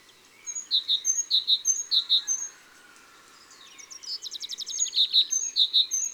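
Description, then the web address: Great tit giving a run of two-note phrases, a brief lull, then a rapid trill before the two-note phrases return. "la mesange charbonniere. cuicui et compagnie"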